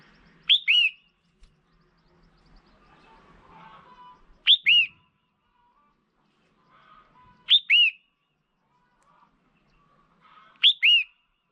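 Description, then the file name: Red-whiskered bulbul repeating a crisp two-note whistled call four times, roughly every three seconds, each a sharp rising whistle then a slightly lower slurred note, faint chirps in between. Female bird. "Tieng chao mao mai"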